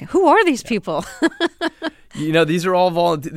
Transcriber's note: laughter